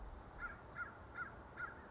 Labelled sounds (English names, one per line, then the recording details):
American Crow
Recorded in Sonoma County, California